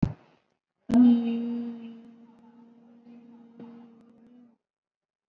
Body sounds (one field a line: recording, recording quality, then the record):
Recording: sustained vowel as in beet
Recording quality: excellent, no background noise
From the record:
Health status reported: COVID-19 positive, moderate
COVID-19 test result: positive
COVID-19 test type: RT-PCR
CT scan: not taken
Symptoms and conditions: cough, cold, another condition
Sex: female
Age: 32 years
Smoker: no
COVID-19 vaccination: none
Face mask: worn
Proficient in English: yes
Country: India